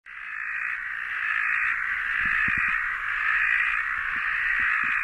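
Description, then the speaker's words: Frogs in a dense chorus: a continuous, even, trilling hum that swells slightly over time, with a few low knocking sounds underneath. Desert frogs in the Northern Territory breeding at a flooded stormwater drain behind a home; a huge chorus each time it rains and the drain floods. "And so we've got this huge chorus each time it rains and the stormwater drain floods, the frogs are out."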